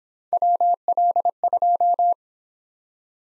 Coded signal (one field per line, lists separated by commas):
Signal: Morse code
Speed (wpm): 28 wpm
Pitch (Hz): 700 Hz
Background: none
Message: WL2